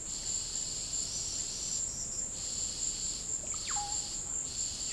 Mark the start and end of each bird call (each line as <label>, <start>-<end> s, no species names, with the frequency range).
bird call (0.6-2.9 kHz), 3.44-4.19 s